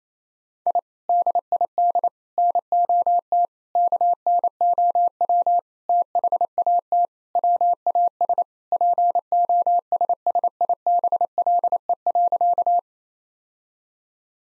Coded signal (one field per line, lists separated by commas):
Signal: Morse code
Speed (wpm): 28 wpm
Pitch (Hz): 700 Hz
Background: none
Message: I DID NOT KNOW THAT WAS POSSIBLE.